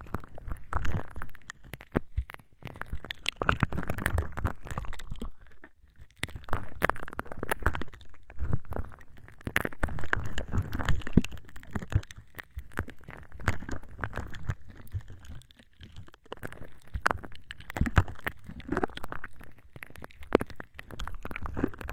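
Wet cotton swabs, an ear scope, a toothpick and scratching on a cat ear make a dense run of crackly, scratchy rubbing. Sharp clicks and crunches come close together throughout, over a soft low rumble, with brief quieter gaps near six and fifteen seconds.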